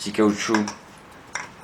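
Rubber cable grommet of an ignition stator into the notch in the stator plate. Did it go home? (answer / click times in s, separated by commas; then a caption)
yes / 1.3 s. While an MVT Premium ignition stator is fitted onto its plate, the cable is routed behind the small notch and the small rubber grommet is pushed into the notch in the stator plate as someone talks. A short, sharp snap at 1.4 s marks the grommet engaging perfectly and seating in the notch.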